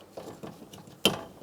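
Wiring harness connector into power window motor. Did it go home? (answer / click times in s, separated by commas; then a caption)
yes / 1.0 s. A plastic wiring harness connector is pushed onto the power window motor inside the front door of a 2011–2026 Mitsubishi Outlander, with its locking tab on the inboard side. After a few soft fumbling rustles, a sharp click sounds at 1.0 s as the connector seats and locks, and a light tug confirms it is secure.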